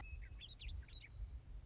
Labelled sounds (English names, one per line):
Western Meadowlark